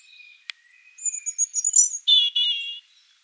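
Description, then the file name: European robin with thin sustained high whistles and a sharp click, then a rich warbled phrase in two bursts ending the song. "Erithacus rubecula"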